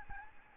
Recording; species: mosquito wingbeat signal from an infrared sensor; Aedes albopictus